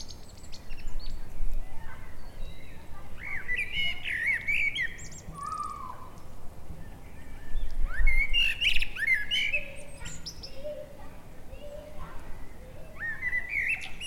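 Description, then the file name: Common blackbird song: warbled, fluting phrases around mid pitch ending in thin squeaky twitters, several phrases throughout, with low background rumble. "Turdus merula"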